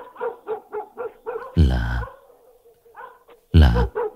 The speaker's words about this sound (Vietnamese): Ở ngoài ngõ bất ngờ có tiếng chó sủa nhấm nha nhấm nhẳng vang lên.